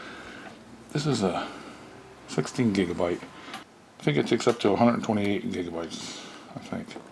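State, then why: Not seated. A 16 GB SD memory card is handled at the memory card slot of a car dash camera while someone talks. Nothing has seated or clicked into the slot yet.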